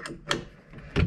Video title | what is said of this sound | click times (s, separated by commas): X-carve CNC Router (Dewalt DWP611) Bit Changing Made Simple | rotate the spindle until you hear a click | 0.3 s